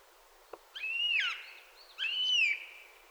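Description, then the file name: Eurasian jay giving a single click, then two drawn-out mewing whistles, each rising sharply then sliding slowly downward. "Garrulus glandarius"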